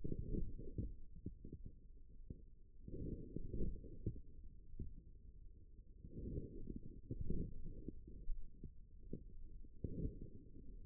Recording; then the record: forearm muscle sounds (acoustic myography)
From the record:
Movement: forearm pronation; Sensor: system 1, eight BSWA MPA416 microphones around the upper forearm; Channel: 3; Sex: male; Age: 41 years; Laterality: right